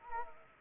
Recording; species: mosquito wingbeat signal from an infrared sensor; Anopheles arabiensis